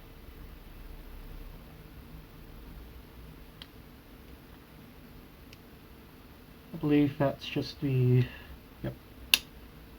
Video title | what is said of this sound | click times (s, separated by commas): Tokyo Marui AKM/AKX triggerbox FCG upgrade | okay hear that click | 9.3 s